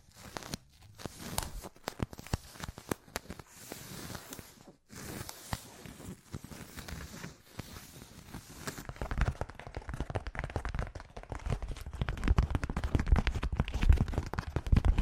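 Fast ASMR triggers of tapping, rustling and crinkling change rapidly and irregularly, getting denser and louder with thumping low hits after nine seconds.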